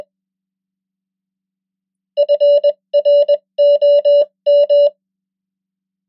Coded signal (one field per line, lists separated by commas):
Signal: Morse code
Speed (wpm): 21 wpm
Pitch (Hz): 580 Hz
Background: none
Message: FROM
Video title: 100 most common English words in Morse Code @20wpm